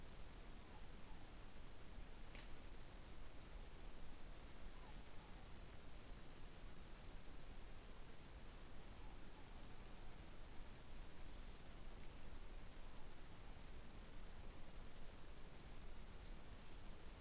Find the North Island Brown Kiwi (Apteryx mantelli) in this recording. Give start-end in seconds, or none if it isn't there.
none